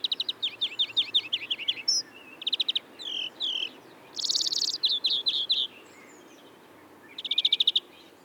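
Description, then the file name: European greenfinch song: a run of quick chirped notes, rattling trills and a buzzy burst, mixed twitters, ending in another fast trill. "Chloris chloris"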